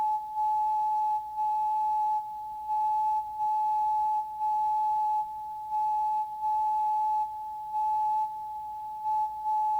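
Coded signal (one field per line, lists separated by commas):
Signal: radio time signal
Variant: WWVB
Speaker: The National Bureau of Standards and Technology operates station WWVB on 60 kilohertz.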